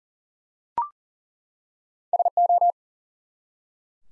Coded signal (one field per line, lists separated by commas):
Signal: Morse code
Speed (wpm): 37 wpm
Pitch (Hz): 700 Hz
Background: none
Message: SO